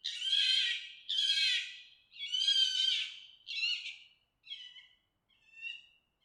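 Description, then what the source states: Fox calling with six screaming wails, the first three long, loud and harsh, the later ones shorter and fading. Mating call.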